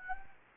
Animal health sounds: mosquito wingbeat signal from an infrared sensor; Anopheles gambiae

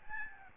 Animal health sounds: mosquito wingbeat signal from an infrared sensor; Aedes albopictus

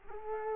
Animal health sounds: mosquito wingbeat signal from an infrared sensor; Culex quinquefasciatus

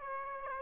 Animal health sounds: mosquito wingbeat signal from an infrared sensor; Aedes aegypti

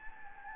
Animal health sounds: mosquito wingbeat signal from an infrared sensor; Anopheles gambiae

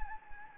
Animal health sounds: mosquito wingbeat signal from an infrared sensor; Anopheles gambiae

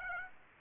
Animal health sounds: mosquito wingbeat signal from an infrared sensor; Aedes aegypti

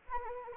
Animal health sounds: mosquito wingbeat signal from an infrared sensor; Anopheles arabiensis

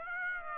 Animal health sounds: mosquito wingbeat signal from an infrared sensor; Aedes aegypti

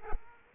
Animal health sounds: mosquito wingbeat signal from an infrared sensor; Aedes aegypti

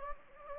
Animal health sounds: mosquito wingbeat signal from an infrared sensor; Anopheles gambiae

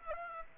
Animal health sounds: mosquito wingbeat signal from an infrared sensor; Aedes aegypti

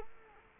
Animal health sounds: mosquito wingbeat signal from an infrared sensor; Culex quinquefasciatus

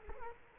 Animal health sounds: mosquito wingbeat signal from an infrared sensor; Culex quinquefasciatus

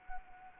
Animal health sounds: mosquito wingbeat signal from an infrared sensor; Anopheles arabiensis

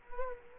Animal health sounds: mosquito wingbeat signal from an infrared sensor; Culex quinquefasciatus

